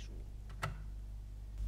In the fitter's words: entendez déjà ce clic grâce à la petite pièce en plastique le tiroir et bloqué